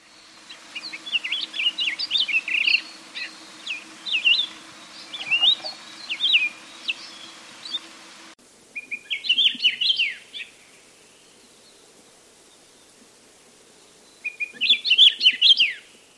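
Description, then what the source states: Akiapolaau singing a long run of bright, twittering phrases, then after a pause two further rich warbling bursts, the last loudest; light background hiss throughout. Hawaii.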